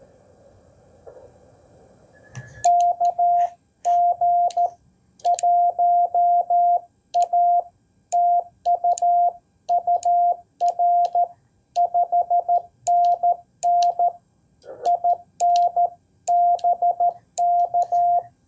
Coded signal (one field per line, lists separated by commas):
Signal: Morse code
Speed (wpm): 21 wpm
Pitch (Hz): 700 Hz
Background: none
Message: KG1A TU UR 5NN IN BK